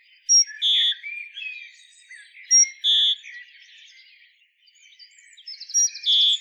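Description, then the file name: Great tit calls: three bursts, each a high note followed by harsh buzzy segments, with faint twittering between bursts. "Parus major"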